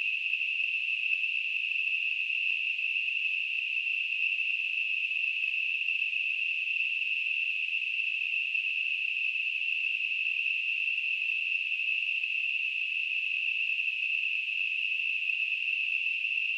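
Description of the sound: A steady, unbroken, high-pitched narrow-band hiss centred near 2.5–3 kHz, with no low-frequency content and no change in loudness throughout: a simulation of tinnitus.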